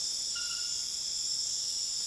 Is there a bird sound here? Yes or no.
no